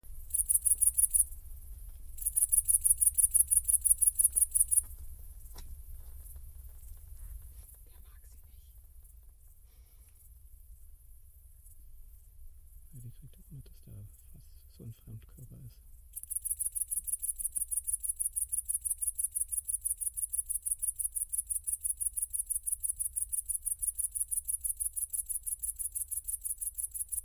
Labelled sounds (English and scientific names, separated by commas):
Great Green Bush-cricket (Tettigonia viridissima) stridulation